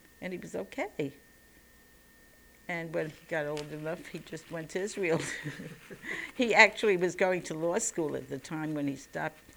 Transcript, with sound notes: And he was okay. And when he got old enough, he just went to Israel. [She laughs] He actually was going to law school at the time when he stopped.